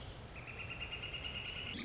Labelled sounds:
Northern Flicker
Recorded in Sonoma County, California

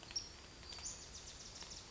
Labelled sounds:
Western Flycatcher
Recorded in Sonoma County, California

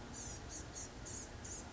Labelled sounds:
Blue-gray Gnatcatcher
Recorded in Sonoma County, California

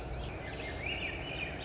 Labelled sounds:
Swainson's Thrush
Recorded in Sonoma County, California

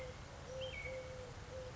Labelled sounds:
Eurasian Collared Dove
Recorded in Sonoma County, California

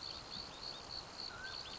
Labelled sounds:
Mountain Quail
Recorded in Sonoma County, California

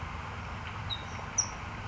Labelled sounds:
California Towhee
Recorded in Sonoma County, California

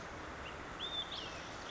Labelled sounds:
Olive-sided Flycatcher
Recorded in Sonoma County, California

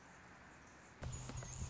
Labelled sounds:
Anna's Hummingbird
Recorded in Sonoma County, California

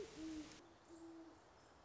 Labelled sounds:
Great Horned Owl
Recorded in Sonoma County, California

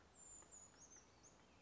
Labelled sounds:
Brown Creeper
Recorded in Sonoma County, California

